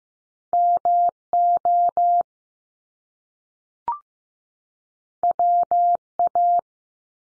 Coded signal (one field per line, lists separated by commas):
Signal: Morse code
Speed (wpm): 15 wpm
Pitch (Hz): 700 Hz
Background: none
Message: M O W A